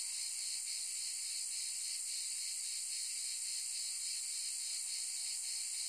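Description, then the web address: Cicada giving a constant high-pitched buzz, softly pulsing throughout. "son cigales"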